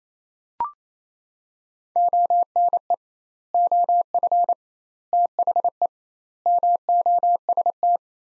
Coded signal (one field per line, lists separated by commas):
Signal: Morse code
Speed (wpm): 28 wpm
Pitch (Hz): 700 Hz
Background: none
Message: ONE OF THE MOST